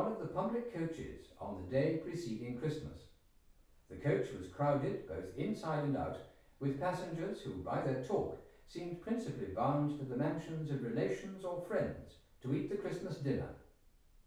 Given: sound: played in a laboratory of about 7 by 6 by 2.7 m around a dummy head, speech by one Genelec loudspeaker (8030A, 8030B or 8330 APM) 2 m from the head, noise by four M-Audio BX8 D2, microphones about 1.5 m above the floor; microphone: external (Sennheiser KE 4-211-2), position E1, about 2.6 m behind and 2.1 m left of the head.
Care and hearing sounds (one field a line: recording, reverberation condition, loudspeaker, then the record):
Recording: male speech in English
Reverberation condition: medium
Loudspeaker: 150 degrees to the right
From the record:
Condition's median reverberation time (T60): about 510 ms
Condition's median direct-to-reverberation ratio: about -0.5 dB